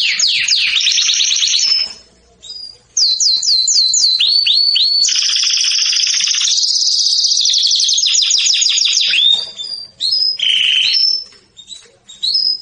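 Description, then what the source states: Canary song of fast sweeping note series and long buzzy rolled trills, almost unbroken, with a brief pause early on and chirps at the close. Domestic canary singing in the Persian "rasmi" song style.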